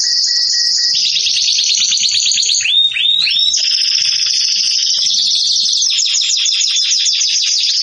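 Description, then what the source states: Domestic canary song, a continuous high rolling trill that shifts pitch, with a few rising slurred notes in the middle and a rapid pulsed trill at the end. Domestic canary singing in the Persian rasmi song style.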